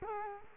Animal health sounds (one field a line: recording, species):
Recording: mosquito wingbeat signal from an infrared sensor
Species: Culex quinquefasciatus